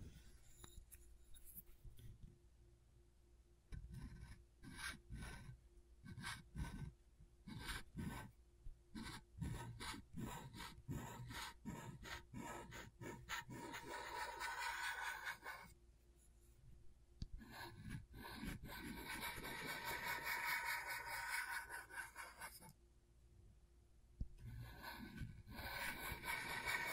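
Scratchboard being scraped with a tool, short rasping strokes in quick irregular bursts through the first half. Around 16 to 22 seconds the scratching turns to longer, brighter continuous scraping, then it pauses briefly before resuming. A faint steady hum sits underneath.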